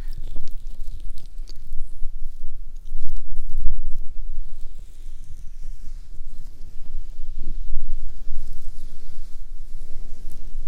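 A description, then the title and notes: Muffled ear cleaning and massage sounds: a dense, soft rustle with a low, rubbing rumble and quick scratchy clicks scattered throughout. The rubbing swells louder around three to four seconds, then settles back into a steady, quieter brushing texture. ASMR Summer Night Ear Cleaning & Massage.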